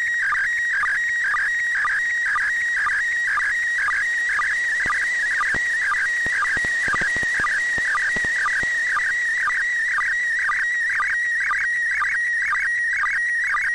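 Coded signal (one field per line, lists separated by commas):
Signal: SSTV (slow-scan television)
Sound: steady warbling high tone with regular short low blips, scanning image lines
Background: radio static clicks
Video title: SSTV Decode from International Space Station 145.800 MHz SDRplay RSPdx Vertical antenna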